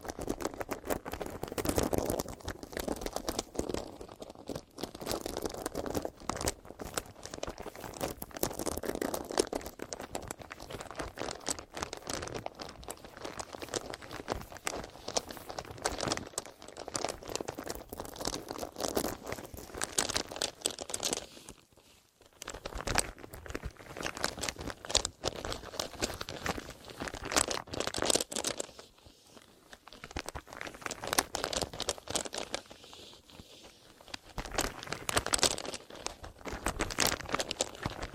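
Crinkly, scratchy ear massage sounds fill the whole recording, a dense, continuous rustle packed with rapid clicks and crackles. The texture swells and eases in waves, with a brief near-silent pause around 22 seconds and smaller dips near 4, 29 and 33 seconds.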